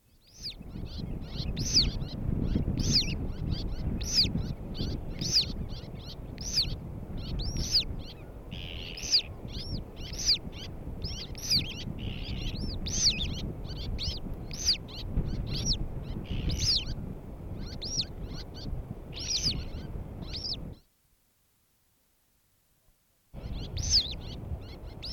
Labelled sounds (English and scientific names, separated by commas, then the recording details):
Little Tern (Sternula albifrons) call
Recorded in the wild
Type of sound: call
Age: pullus
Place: Langenwerder, Mecklenburg-Vorpommern, DE
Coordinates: 54.027, 11.493
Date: 1969-06-06
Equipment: Nagra III BH, Sennheiser MD 421
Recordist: Schubert, Michael
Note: Zwergseeschwalben, 3-tägig MD 421 für LP verwendet